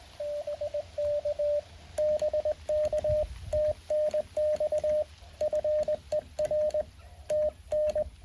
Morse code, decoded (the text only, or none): BK BK TNX FER TN